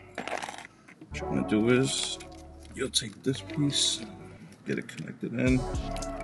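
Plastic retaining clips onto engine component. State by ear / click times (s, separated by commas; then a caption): seated / 0.2 s. Plastic retaining clips on a BMW B58 engine cooling component snap into place with a burst of sharp clicks starting at 0.2 s, and the component is seated. Someone talks, with music in the background.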